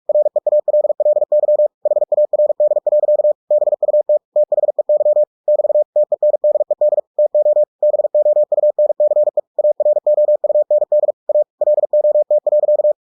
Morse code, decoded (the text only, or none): REALLY HARD. BUT THEY <BT> TENDED TO BOUNCE AROUND A LOT.